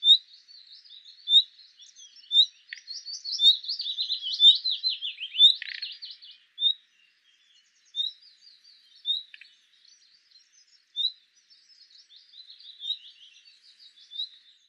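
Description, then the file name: Common nightingale singing bright, high whistled notes spaced at intervals, with a dense run of rapid buzzy trills and rich phrases in the early middle, then spaced single notes later. "Luscinia megarhynchos"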